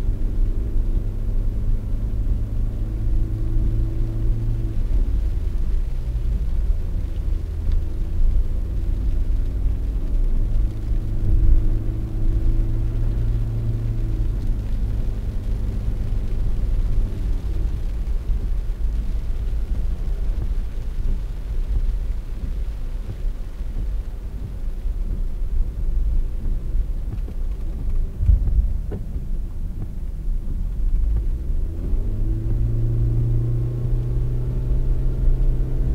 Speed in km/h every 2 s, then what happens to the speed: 53, 54, 55, 56, 56, 55, 58, 62, 64, 62, 56, 51, 45, 41, 37, 31, 25, 28.
0-10 steady at about 55. 10-17 speeds up to 64. 17-32 slows to 25.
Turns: 27-31.